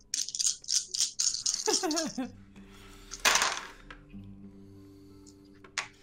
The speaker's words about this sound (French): Je vais lancer 5 dés de défense parce que c'est quand même un militaire, il a quand même une bonne défense mentale.